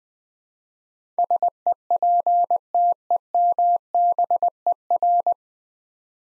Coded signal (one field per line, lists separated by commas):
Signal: Morse code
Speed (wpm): 21 wpm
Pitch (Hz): 700 Hz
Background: none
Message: SEPTEMBER